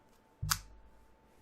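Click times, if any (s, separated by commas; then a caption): 0.5 s. A plastic kickstand on the back of a Nintendo Switch handheld console is pulled outward until it clicks into its open position. A short low thump starts at about 0.4 s, followed by a sharp, bright click at 0.5 s. The stand is then open, and there is no talk in the clip.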